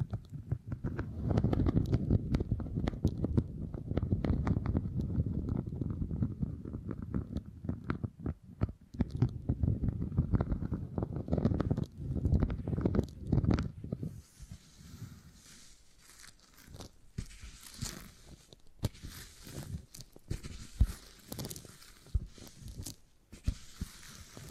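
Beeswax being squished and handled, making dense, sticky crackling and soft squelching for the first fourteen seconds. After that the texture changes to sparser, brighter clicks and crisp snaps in irregular bursts, with short quiet gaps between them.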